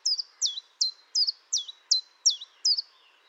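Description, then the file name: Common chiffchaff singing a series of several clear, high, downward-slurred notes. "Pouillot-véloce"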